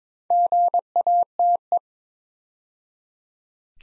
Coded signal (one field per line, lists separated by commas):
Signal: Morse code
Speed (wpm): 22 wpm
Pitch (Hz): 700 Hz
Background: none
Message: GATE